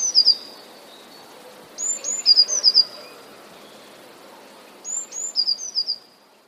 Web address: wroblowe teka spiew. wroblowe teka modraszkoteka